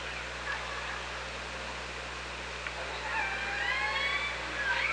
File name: Orca Lab UTLN JASON 20170824 153516 h 3 PI ORCALABDYNI